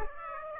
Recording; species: mosquito wingbeat signal from an infrared sensor; Aedes aegypti